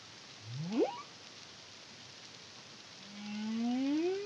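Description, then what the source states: Humpback whale song with one fast rising whoop followed by a long, slowly rising moan with strong harmonics, over soft background hiss. Caribbean, CARIMAM project, 2023.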